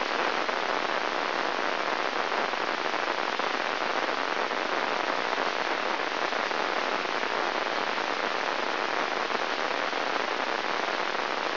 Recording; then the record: brain microelectrode recording played as sound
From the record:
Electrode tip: inside the subthalamic nucleus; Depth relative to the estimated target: 0.1 mm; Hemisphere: left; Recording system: AlphaMap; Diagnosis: Parkinson's disease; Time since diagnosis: 21 years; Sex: female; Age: 61 years